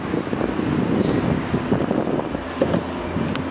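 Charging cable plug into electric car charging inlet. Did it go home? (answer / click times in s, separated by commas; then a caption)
yes / 3.4 s. A charging cable plug is brought to a Chery Tiggo 3x e480 electric car and pushed into its charging inlet over steady wind-like background noise. A sharp click at 3.4 s marks the plug seating and locking in place.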